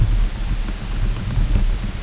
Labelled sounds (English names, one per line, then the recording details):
none
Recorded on Arctic tundra, site UTQI-8, on 14 June 2019
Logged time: 08:00